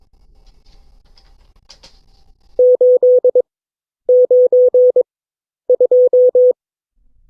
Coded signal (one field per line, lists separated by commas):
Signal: Morse code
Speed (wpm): 22 wpm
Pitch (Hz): 500 Hz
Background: none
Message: 892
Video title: CW Class - Session 8 (2026-03-12)